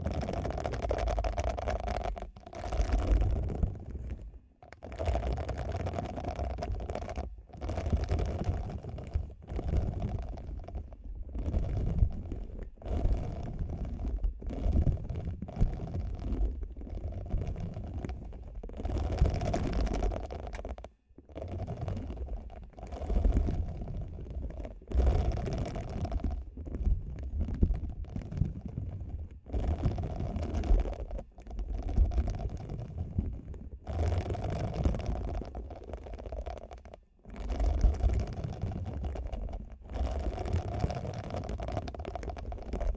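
Ear cleaning with no voice: a dense, continuous low rubbing and scratching, with crackly bursts coming every second or two. The texture stays steady and muffled, broken only by brief near-silent pauses around 5, 21 and 37 seconds.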